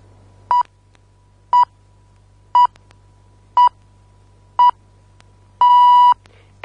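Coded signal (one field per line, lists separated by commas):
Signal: radio time signal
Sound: five short 1 kHz pips one second apart, then one half-second pip, over low hum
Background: low mains hum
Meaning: The start of the long final beep marks the exact top of the hour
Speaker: it's six o'clock in Central Europe the news is next on afn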